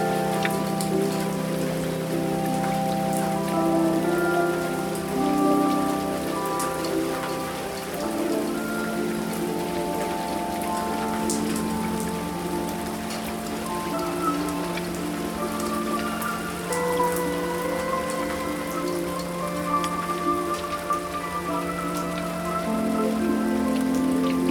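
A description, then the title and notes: Raindrops patter densely and steadily on a roof, a close, even drumming with a low hollow resonance and occasional brighter drips throughout. Raindrops on the Roof.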